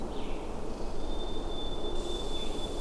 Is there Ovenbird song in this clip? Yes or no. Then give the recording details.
no. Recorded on 21 June 2016 at 07:41. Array SBT-6-76